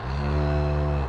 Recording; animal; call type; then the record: contact call of a hoofed animal; cattle; low-frequency (closed-mouth) or high-frequency (open-mouth) call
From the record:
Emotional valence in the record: negative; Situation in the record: full separation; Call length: 1.09 s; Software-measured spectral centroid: 1410 Hz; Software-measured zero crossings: 680 a second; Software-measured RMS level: -24 dBFS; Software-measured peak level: -13 dBFS